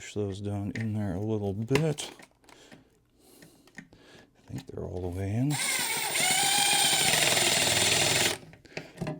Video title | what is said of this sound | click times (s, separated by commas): How to Fix Stripped Or Loose Screw Holes In A Chair Seat | Feel like we got a little bit of grab there. Nope. | none